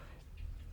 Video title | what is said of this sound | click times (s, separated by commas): Why a Polar watch is - almost - the perfect wristwatch | that stays nicely and clicks in place. You can hear that click. | 0.4 s